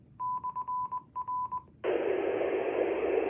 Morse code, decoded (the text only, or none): /R